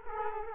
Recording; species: mosquito wingbeat signal from an infrared sensor; Culex quinquefasciatus